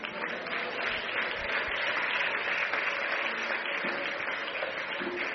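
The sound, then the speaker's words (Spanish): A church audience claps their hands for Christ in a dense, steady burst of applause that holds at a fairly even loudness for several seconds, with no voices standing out. “¿Cuántos dan palmas a Cristo?”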